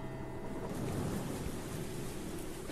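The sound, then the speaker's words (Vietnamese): Steady, heavy rain hisses without a break, with a low, rolling thunder rumble underneath as lightning flashes across a house roof. No voices, just a continuous wash of sound at an even level throughout. “cái bóng trắng của người đàn bà đang hiện ra ở dưới mưa”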